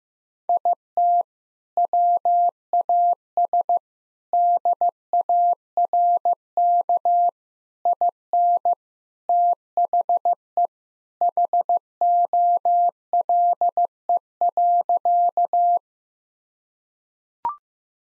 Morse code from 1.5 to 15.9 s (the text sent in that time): WAS DARK IN THE HOLE.